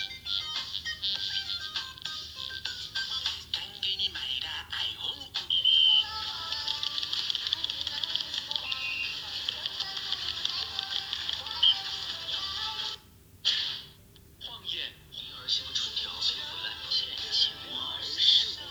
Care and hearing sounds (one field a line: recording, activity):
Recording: daily activity, guitar pickup as the sensor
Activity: browse video